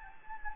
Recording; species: mosquito wingbeat signal from an infrared sensor; Anopheles gambiae